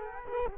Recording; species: mosquito wingbeat signal from an infrared sensor; Culex quinquefasciatus